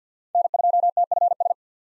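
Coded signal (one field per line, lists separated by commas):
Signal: Morse code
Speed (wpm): 50 wpm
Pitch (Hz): 700 Hz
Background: none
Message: N2TFS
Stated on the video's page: US 5-character call sign practice at 50 wpm with Farnsworth 6x character spacing for head-copy.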